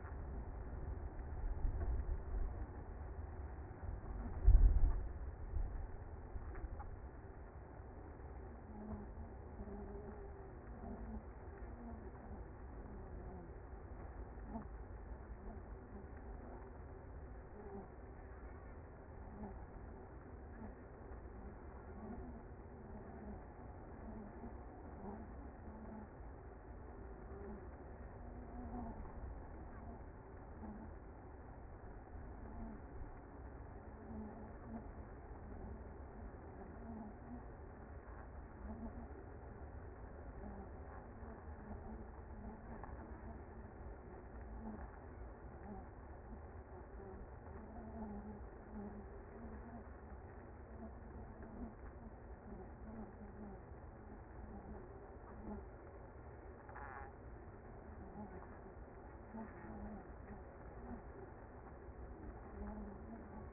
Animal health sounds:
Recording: honeybee colony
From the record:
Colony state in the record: active

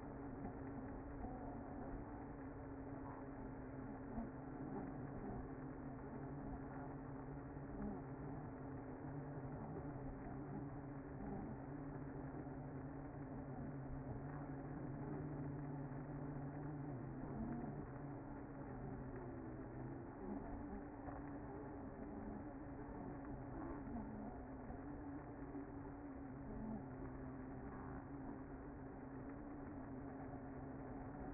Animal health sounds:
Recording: honeybee colony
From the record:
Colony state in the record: active

